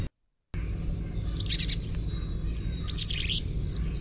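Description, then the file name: Carolina chickadee gargle calls: two short clusters of very high, sputtering notes about a second apart, heard over a low rumbling background. "CACH chickadee gargle"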